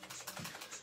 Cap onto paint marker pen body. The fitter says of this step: Put the lid on, make sure it clicks, shake.